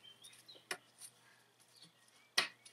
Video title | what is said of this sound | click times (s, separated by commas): CHANGE DIESEL FUEL FILTER 2012 RAV4 D4D | plastic cover snaps back in | 0.7 s, 2.4 s